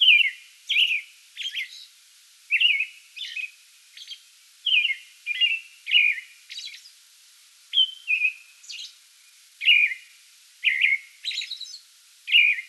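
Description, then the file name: American robin delivering a long steady series of carolling whistled phrases, downslurred notes mixed with thin high squeaks, continuing throughout. Song bout recorded 8 May 2022. "2022-05-08 American Robin song bout"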